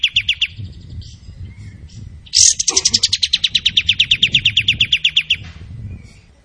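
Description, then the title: Tembakan bird song: a short pulsed burst, then a long rapid rattling trill of sharp high notes lasting about three seconds, with a low background rumble. Training song for other cage birds; described as gacor, singing vigorously. "Masteran Burung Tembakan Gacor"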